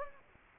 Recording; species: mosquito wingbeat signal from an infrared sensor; Anopheles gambiae